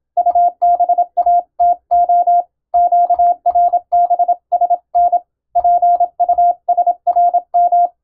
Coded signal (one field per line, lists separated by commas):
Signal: Morse code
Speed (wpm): 26 wpm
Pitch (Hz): 700 Hz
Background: none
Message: UBATO QRBSN PUSRM